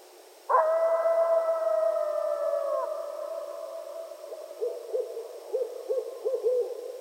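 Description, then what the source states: Coyote howl: a sudden, sustained high note holding steady for over two seconds before sliding down, then several short arched yips and yelps. Several coyotes at night, recorded 15 February 2012.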